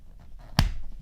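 After a CR2032 battery swap, the key blade section of a Volkswagen car key fob is pushed onto the remote housing. A loud, sharp snap sounds at 0.6 s against a quiet background, followed by a brief low rumble. The two halves are seated and snapped together.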